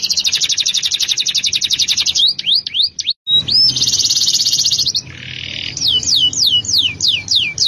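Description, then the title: Canary song mixing quick high trills, looping whistled notes and a short buzzy lower phrase, then a run of repeated rising sweeps. "Kenari"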